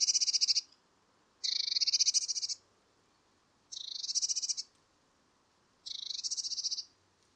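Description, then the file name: Eurasian blue tit call: four harsh, buzzy rattling bursts of rapid pulses, each about a second long, repeated roughly every two seconds. "Cyanistes caeruleus"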